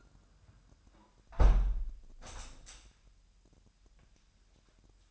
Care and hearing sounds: daily activity, microphone in the room; close window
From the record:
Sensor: 2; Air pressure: 998.0 hPa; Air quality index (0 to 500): 144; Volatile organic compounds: 4 ppm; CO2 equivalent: 1628 ppm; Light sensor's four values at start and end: 10/30/12/11 and 10/30/12/11

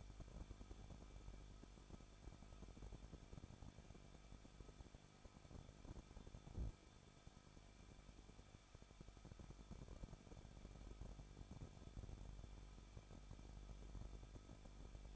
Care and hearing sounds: daily activity, microphone in the room; no activity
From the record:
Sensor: 5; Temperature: 20.9 degrees Celsius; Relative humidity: 38.2%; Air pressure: 1006.4 hPa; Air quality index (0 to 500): 187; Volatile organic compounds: 18 ppm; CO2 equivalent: 2629 ppm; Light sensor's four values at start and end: 2/3/1/1 and 2/3/1/1

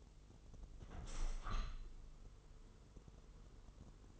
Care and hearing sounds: daily activity, microphone in the room; open window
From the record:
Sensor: 4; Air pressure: 996.5 hPa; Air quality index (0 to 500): 83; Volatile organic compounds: 4 ppm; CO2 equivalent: 1596 ppm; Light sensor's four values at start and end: 20/53/20/22 and 21/55/22/23

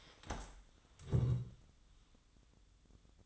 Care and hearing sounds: daily activity, microphone in the room; stand up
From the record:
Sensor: 3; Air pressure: 1005.0 hPa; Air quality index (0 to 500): 88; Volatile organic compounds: 3 ppm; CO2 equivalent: 1361 ppm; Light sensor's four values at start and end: 9/21/9/8 and 9/21/8/8

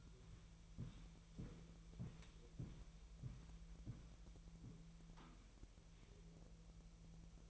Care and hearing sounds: daily activity, microphone in the room; walk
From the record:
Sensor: 1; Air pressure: 1002.0 hPa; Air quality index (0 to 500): 237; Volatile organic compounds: 93 ppm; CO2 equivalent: 3709 ppm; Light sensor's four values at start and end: 8/18/7/9 and 8/20/8/9

